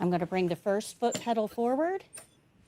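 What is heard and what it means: Someone talks while the first foot pedal on the swing-away leg rest of a wheelchair frame is about to be brought forward. The part is only being handled so far, and nothing has seated or clicked into place yet.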